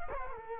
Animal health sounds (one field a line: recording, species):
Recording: mosquito wingbeat signal from an infrared sensor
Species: Culex quinquefasciatus